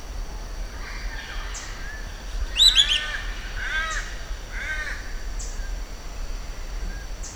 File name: Giant kingbird